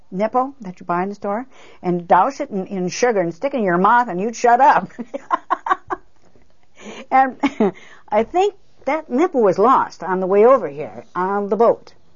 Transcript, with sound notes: nipple, that you buy in the store, and douse it in sugar and stick it in your mouth and you'd shut up." (She laughs.) And I think that nipple was lost on the way over here on the boat,